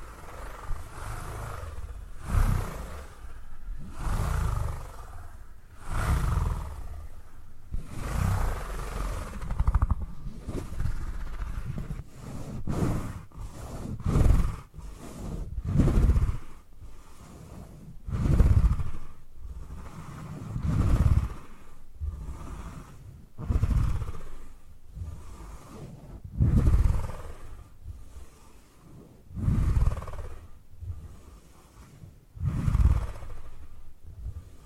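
Purring sounds come in low, rumbling pulses, each swell lasting a second or two and separated by short pauses. The rhythm is fairly regular but quickens after about twelve seconds, with bursts packed closer together. A faint steady hum sits underneath throughout.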